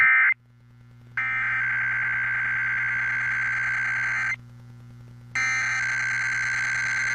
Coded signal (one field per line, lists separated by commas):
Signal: Emergency Alert System (SAME) tones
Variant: header bursts